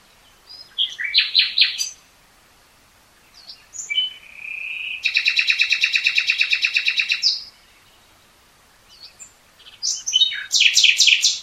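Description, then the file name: Common nightingale song: chattering phrases, a rising whistle leading into a long, loud, rhythmic rattling trill of repeated pulses, then a harsh final burst. "Luscinia megarhynchos"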